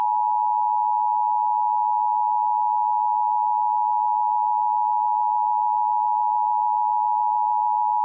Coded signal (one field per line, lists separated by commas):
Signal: Emergency Alert System (SAME) tones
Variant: 853 and 960 Hz attention tone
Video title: Amber alert in Ohio (4 year old victim)￼ :Eas 65